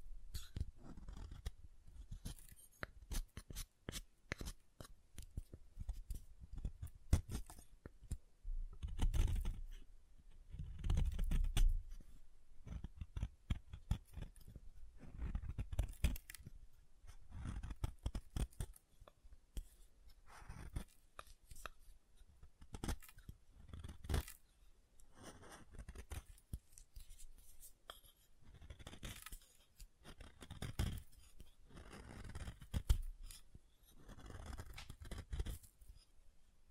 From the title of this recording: SoftHard Soap Tapping and Carving